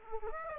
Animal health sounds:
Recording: mosquito wingbeat signal from an infrared sensor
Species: Aedes aegypti

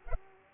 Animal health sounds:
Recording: mosquito wingbeat signal from an infrared sensor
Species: Culex pipiens

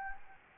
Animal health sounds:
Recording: mosquito wingbeat signal from an infrared sensor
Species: Anopheles gambiae

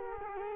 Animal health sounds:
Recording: mosquito wingbeat signal from an infrared sensor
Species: Culex quinquefasciatus

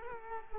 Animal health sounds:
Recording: mosquito wingbeat signal from an infrared sensor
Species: Culex quinquefasciatus

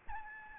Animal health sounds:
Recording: mosquito wingbeat signal from an infrared sensor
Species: Aedes albopictus

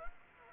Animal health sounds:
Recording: mosquito wingbeat signal from an infrared sensor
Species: Anopheles arabiensis

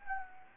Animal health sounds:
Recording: mosquito wingbeat signal from an infrared sensor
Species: Anopheles gambiae

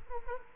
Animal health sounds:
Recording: mosquito wingbeat signal from an infrared sensor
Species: Culex quinquefasciatus

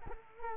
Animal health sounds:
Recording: mosquito wingbeat signal from an infrared sensor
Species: Culex quinquefasciatus

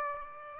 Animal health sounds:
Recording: mosquito wingbeat signal from an infrared sensor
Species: Aedes aegypti

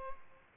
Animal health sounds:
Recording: mosquito wingbeat signal from an infrared sensor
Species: Aedes albopictus

